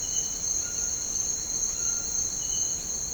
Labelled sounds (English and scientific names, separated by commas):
Cinereous Tinamou (Crypturellus cinereus)